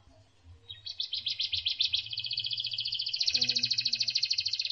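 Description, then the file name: Canary song building from quiet into a fast rolling trill that becomes denser and louder, with low background hum. Canary song used as isian, a training song for teaching other songbirds. "suara kenari isian omkicau"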